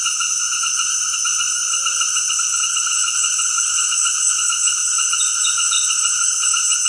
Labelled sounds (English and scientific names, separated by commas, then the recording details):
none
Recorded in dense forest near Puerto Asís, Putumayo, Colombia, on 20 February 2024 at 18:30
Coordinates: 0.496, -76.326
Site G6383